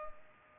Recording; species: mosquito wingbeat signal from an infrared sensor; Culex pipiens